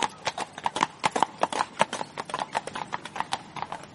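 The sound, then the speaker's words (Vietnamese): A horse's hooves clip-clop in a steady, brisk rhythm as a man in an officer's uniform rides up on horseback, the sharp knocks repeating continuously for a few seconds with no voices. “Một người đàn ông vẫn trang phục hiệu úy cưỡi ngựa lại gần, dặn dò Du Diễu.”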